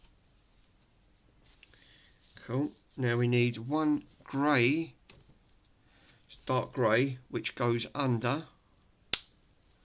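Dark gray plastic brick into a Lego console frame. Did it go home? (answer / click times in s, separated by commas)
yes / 9.1 s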